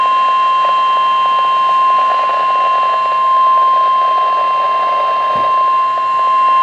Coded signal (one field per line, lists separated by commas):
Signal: Emergency Alert System (SAME) tones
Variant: 1050 Hz attention tone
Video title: Severe Thunderstorm Warning on KHA99 (EAS #1139)